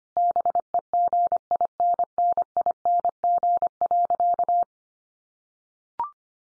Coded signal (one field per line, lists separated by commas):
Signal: Morse code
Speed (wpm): 25 wpm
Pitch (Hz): 700 Hz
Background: none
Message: BEGINNING.